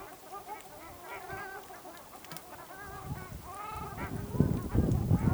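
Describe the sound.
Ruddy shelduck honking calls, nasal notes overlapping in a quick series, with heavy low rumbling noise building toward the end.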